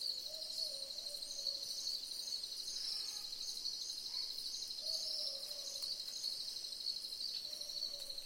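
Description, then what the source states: Boobook calls, two-note 'boo-book' hoots with a falling second note, given every few seconds over a strong high-pitched insect hum. Several boobook owls calling together in a chorus.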